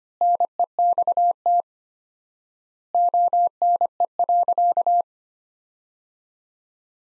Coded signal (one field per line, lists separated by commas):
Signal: Morse code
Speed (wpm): 25 wpm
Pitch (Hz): 700 Hz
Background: none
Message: NEXT ONE.